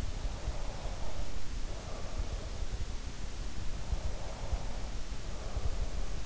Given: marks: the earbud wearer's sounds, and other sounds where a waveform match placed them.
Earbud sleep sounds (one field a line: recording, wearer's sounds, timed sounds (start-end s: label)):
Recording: sounds in sleep by an in-ear microphone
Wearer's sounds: breath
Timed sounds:
0.24-2.55 s: breath
3.84-6.26 s: breath